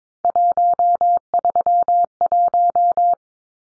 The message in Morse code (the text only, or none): 131